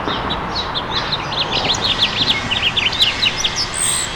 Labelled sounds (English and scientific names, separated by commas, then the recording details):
House Finch (Haemorhous mexicanus) song
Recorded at Freeport on Long Island, New York, on 28 May 2013
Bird C